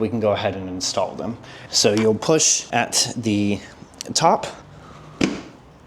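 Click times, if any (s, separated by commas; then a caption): 5.2 s. A C5 Corvette's aftermarket LED taillight housing is pushed in at the top so its clips snap into the mounting clips on the car body's tail panel. Someone talks over most of the clip, and then a single sharp click at 5.2 s marks the housing seating into the clips.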